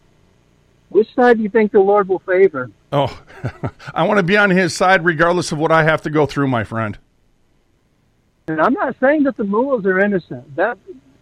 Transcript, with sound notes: Which side do you think the Lord will favor?
Oh, (laughs) I wanna be on his side regardless of what I have to go through, my friend.
And I'm not saying that the mullahs are innocent.